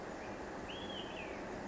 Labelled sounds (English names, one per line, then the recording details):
Olive-sided Flycatcher
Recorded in Sonoma County, California